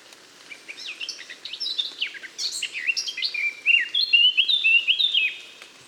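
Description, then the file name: Eurasian blackcap song, a soft jumbled twittering that swells into clear, loud fluted whistles near the end. "Sylvia atricapilla"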